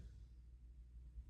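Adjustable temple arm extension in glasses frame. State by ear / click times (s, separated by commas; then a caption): not seated / none. The adjustable temple arm extension on a pair of AR glasses is handled in its frame, being pulled out or pushed in through its length detent positions. Only a quiet, steady low rumble is heard, with no distinct transients. Nothing has seated or clicked yet.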